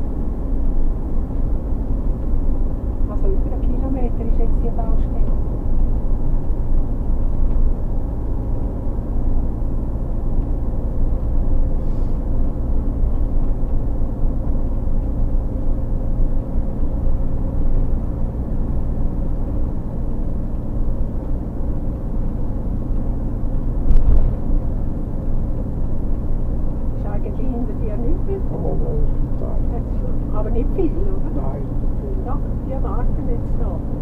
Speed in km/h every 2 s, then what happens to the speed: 55, 57, 57, 57, 59, 59, 59, 59, 61, 61, 61, 61, 61, 61, 61, 61, 61.
0-34 steady at about 61.